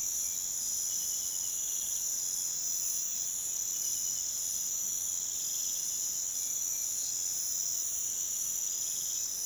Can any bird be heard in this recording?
no